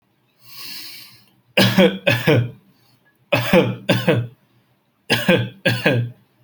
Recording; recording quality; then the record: heavy voluntary cough; excellent, no background noise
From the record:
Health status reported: healthy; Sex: male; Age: 20 years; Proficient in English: yes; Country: India